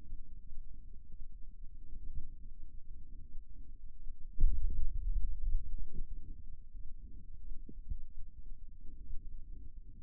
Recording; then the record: forearm muscle sounds (acoustic myography)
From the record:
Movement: pen grasping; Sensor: system 2, bracelet of six BSWA MPA416 microphones around the upper forearm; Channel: 3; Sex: male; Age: 22 years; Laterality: right